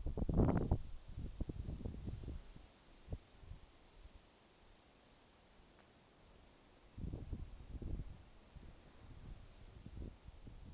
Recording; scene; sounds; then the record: everyday scene through a hearing-aid microphone; wind on the microphone; wind, traffic, birds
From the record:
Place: suburban garden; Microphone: in the ear canal, left